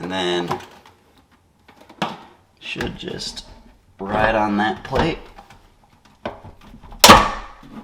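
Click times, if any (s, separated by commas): 7.0 s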